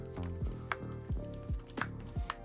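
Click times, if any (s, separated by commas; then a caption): 0.7 s, 1.8 s, 2.3 s. While replacing the broken headband hinge on a pair of Beats Studio Pro Wireless (2023) A2924 headphones, the plastic headband piece is pushed down onto the headphone hinge frame, working it around, with music playing underneath. Sharp snaps ring out at 0.7, 1.8 and 2.3 seconds as the piece snaps into place and seats.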